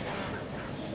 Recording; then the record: coughing mixed with background sound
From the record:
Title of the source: Barking cough - # 10